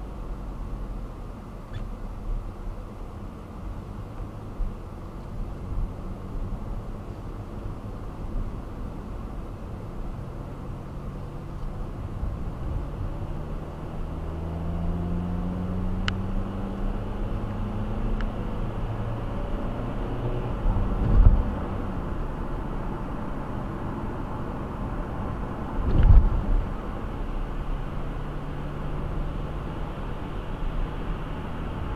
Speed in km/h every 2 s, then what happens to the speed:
24, 18, 19, 26, 31, 29, 35, 44, 55, 61, 68, 68, 69, 69, 74, 76.
0-3 slows to 18. 3-7 speeds up to 31. 11-19 speeds up to 68. 19-27 steady at about 68. 27-32 speeds up to 76.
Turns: none.